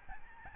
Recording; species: mosquito wingbeat signal from an infrared sensor; Aedes albopictus